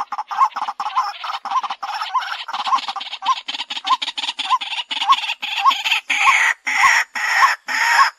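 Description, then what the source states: White-breasted waterhen calling: a long run of rough, croaking notes with small upslurs, delivered steadily at a quick pace. Calling in the daytime.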